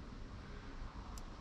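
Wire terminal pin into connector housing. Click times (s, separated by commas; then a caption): 1.2 s. A wire terminal is pushed into the top row of a wiring connector housing during a cruise control install on a Nissan Elgrand. Over a steady broadband background rumble, a small, short, bright click sounds at 1.2 s as the terminal seats, after an earlier try where no click could be heard.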